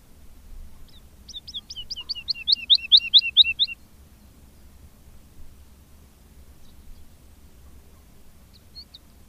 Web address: agykontroll Madardalok Cd 2. Erdei pacsirta